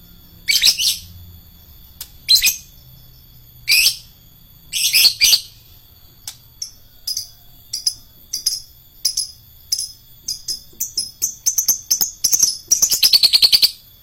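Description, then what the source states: Lovebird starts with spaced, harsh shrill calls, then shifts into a quickening run of thin ticking chirps that grows into a dense, buzzy chatter at the end. Adult lovebird of the fighter type.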